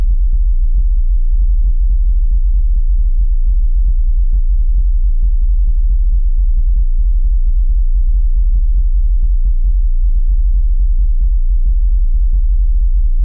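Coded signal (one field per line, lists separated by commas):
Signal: PSK31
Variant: BPSK31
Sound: deep low hum with fast, irregular throbbing clicks from phase reversals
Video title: BPSK31 digital mode on the ELF BAND - 29 hertz - test ELF RF over IP using OPUS CODEC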